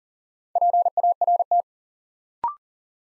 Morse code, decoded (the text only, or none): PART